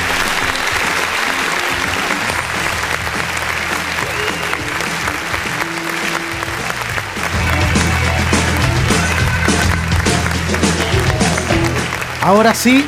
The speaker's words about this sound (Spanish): Así que para ti, tu hija, para Melipilla se va este caluroso saludo y también le mandamos un caluroso aplauso.